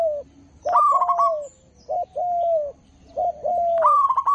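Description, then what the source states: Zebra dove coo: low drawn notes broken by rapid stuttering higher trills, a short repeated phrase heard twice. Local zebra dove singing actively; master recording made for training other birds.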